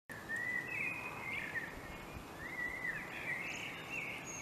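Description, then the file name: Common blackbird singing a faint, continuous fluted warble rising and falling, with thin high notes toward the end, against soft hiss. "Turdus merula"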